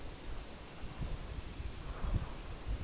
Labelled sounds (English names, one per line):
Lapland Longspur